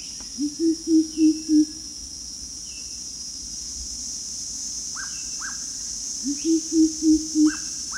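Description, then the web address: Greater coucal calling two runs of about five low, booming hoots; paired downslurred notes and a continuous shrill drone behind. Recorded 1 April 2006. "DANUM. 20060401 greater coucal"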